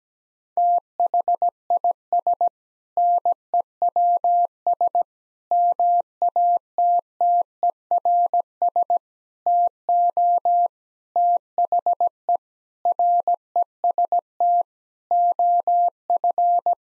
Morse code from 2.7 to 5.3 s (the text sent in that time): NEWS